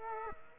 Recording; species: mosquito wingbeat signal from an infrared sensor; Culex quinquefasciatus